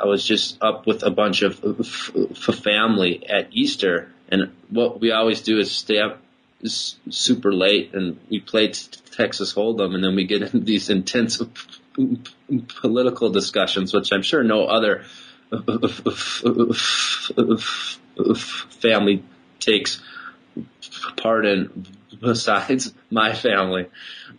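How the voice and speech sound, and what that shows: Stuttering speech from an adult man who stutters a lot in everyday speech: prolonged sounds, part-word repeats and a long silent block before "family" interrupt the phrases.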